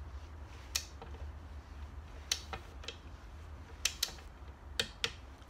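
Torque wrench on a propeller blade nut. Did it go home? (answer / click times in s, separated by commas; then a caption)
yes / 5.0 s. A torque wrench tightens the next propeller blade nut on a Warp Drive propeller, working crossways to a setting of 14 newton meters. Several short, sharp ticks sound over a low steady hum, and the wrench gives its click at 5.0 s. The nut has reached 14 newton meters and should not be tightened any further.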